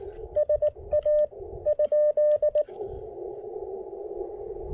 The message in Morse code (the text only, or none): SA ?